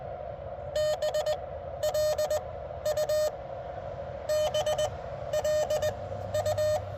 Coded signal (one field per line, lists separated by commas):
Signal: Morse code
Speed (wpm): 18 wpm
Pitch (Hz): 600 Hz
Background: none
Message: BLU BLU